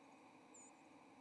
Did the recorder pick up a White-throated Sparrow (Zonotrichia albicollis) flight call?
no